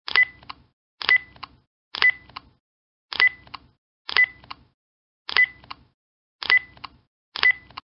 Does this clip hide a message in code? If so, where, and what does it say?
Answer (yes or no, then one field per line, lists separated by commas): no